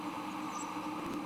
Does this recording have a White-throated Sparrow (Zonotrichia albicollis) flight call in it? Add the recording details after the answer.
no. No flight call is heard. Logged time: 10:44 on 23 September 2014